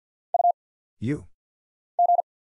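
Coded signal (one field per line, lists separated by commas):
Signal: Morse code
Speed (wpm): 50 wpm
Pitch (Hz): 700 Hz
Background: none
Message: U G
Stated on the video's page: Single-character Morse drill at 50 wpm of letters, numbers, punctuation and prosigns, each sent twice with very short gap before spoken answer.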